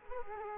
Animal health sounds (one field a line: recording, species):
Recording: mosquito wingbeat signal from an infrared sensor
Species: Culex quinquefasciatus